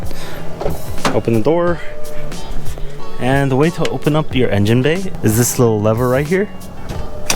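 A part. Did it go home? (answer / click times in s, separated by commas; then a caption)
released / 7.3 s. Someone talks over background music while reaching for the interior hood release lever beside the door of an Evo X to open the engine bay for an oil change. The lever is pulled, and a sharp, loud click at 7.3 s marks the hood latch letting go, releasing the hood.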